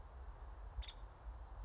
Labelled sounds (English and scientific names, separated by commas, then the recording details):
Nuttall's Woodpecker (Dryobates nuttallii)
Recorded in Sonoma County, California